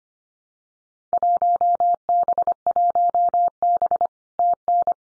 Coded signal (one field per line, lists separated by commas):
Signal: Morse code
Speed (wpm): 25 wpm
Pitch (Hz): 700 Hz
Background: none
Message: 1B1B TN